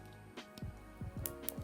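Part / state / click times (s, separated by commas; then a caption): microSD card into handheld console card slot / seated / 1.3 s, 1.5 s. A FAT32-formatted microSD card holding a Yu-Gi-Oh ROM is pushed by hand into the spring-loaded SD slot of a handheld game console clone while music plays in the background. Sharp clicks come at 1.3 s and 1.5 s as the card latches, and it is seated.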